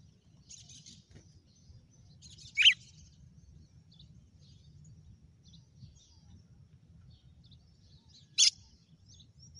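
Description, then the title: Red-cowled cardinal calling two piercing, short slurred notes about six seconds apart, with faint scratchy chirps and low hum in the background. Female red-cowled cardinal; title names a bird Fenrir and says it gave 'açoite' that day. "Canto Galo Campina Fêmea 06. GALO DE CAMPINA FENRIR - HJ FOI AÇOITE VIU??"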